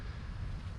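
A small plastic turbine bearing is spun by hand while it is fitted into a Hayward pool cleaner gearbox housing during reassembly. Only a steady low rumble and broadband noise are heard, with no distinct hit. Nothing has clicked or seated yet.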